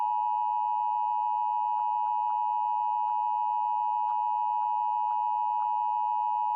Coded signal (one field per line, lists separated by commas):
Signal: Emergency Alert System (SAME) tones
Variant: 853 and 960 Hz attention tone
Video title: Pennsylvania Emergency Alert System (EAS) Tests - 1/2022